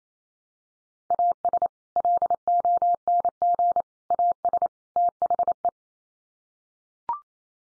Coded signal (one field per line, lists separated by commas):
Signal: Morse code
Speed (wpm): 28 wpm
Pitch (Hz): 700 Hz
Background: none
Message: AS LONG AS THE